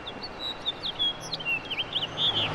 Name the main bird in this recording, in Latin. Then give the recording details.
Haemorhous mexicanus. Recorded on Long Island, New York, on 6 June 2011. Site FL. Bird A